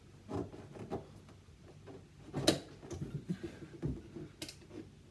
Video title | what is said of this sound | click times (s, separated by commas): Kitchen day4 part 5 integrated washing machine and sticky in the sink | you need to go there, you can hear it click. | 2.5 s, 4.4 s